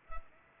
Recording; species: mosquito wingbeat signal from an infrared sensor; Culex pipiens